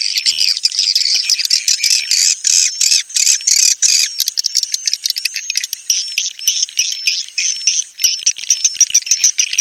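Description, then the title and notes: Swiftlet chatter of harsh, buzzy chirps repeated roughly three times a second, with a thin high whistled tone running through the dense stream. Sound used for swiftlet farming in Asia. "Swiflet Bird Sound. Farming Swiflet Bird asia sound"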